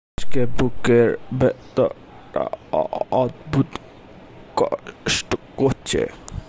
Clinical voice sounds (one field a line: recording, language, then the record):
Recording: elicited speech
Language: Bengali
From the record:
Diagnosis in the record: Broca's or global aphasia after a stroke